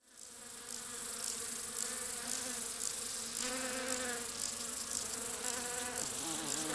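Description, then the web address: Bee buzzing, a hum that fades in and then drones steadily with wavering, sliding pitch, over a persistent high hiss. "пчела"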